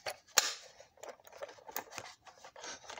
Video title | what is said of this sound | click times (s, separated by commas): Building my own version of the Galloping Goose/The Flying Duck | pops right in there | 0.4 s